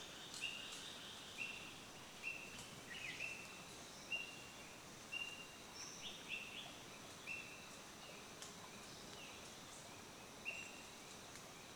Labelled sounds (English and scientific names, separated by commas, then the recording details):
Purple-headed Starling (Hylopsar purpureiceps)
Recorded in Kibale, Uganda